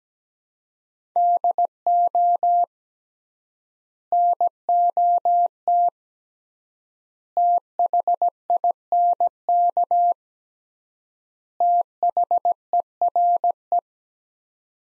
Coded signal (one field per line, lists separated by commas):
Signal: Morse code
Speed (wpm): 17 wpm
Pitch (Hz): 700 Hz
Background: none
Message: DO NOT THINK THERE